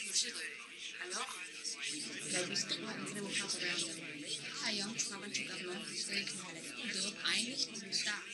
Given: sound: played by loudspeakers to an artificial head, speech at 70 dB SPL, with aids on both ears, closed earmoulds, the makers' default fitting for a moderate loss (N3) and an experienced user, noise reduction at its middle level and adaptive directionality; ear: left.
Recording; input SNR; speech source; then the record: speech test signal (ISTS) in cocktail-party noise; 0 dB; on the right (90 degrees)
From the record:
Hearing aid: class 1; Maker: H